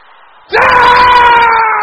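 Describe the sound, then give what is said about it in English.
After a half-second of low murmur, a group of men in the audience bursts into loud, sustained shouting of a prayer, holding a steady, intense roar until the end. “Brothers, shout it loud and clear.”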